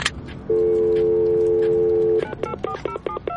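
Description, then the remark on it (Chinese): In an audio drama, a police officer phones a contact: a steady telephone tone hums for under two seconds, then a quick run of short, evenly spaced dialing beeps follows, with no voices. “孟昭把电话给卢阳拨过去，正好想问问上一次他提到的林狼到底是什么情况。电话拨通，卢阳很快就接起来了。”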